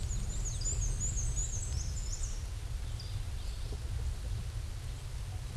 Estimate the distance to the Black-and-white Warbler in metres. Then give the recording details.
about 25 m. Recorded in a Pennsylvania forest on 18 May 2023 at 13:58. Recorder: AudioMoth, point grid1_9_low. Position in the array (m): 90 m, 104 m